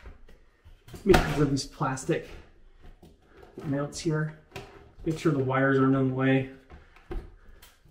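A plastic mounting piece for a bathroom exhaust fan is handled and pushed up toward the fan housing while the wires are kept out of the way, as someone talks. Only light handling knocks are heard. The mount has not seated or clicked into place yet.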